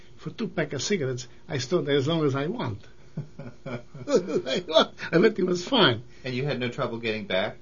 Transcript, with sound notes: For two pack of cigarettes. I stood there as long as want." (Laughter) Everything was fine.
And you had no trouble getting back?